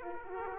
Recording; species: mosquito wingbeat signal from an infrared sensor; Aedes aegypti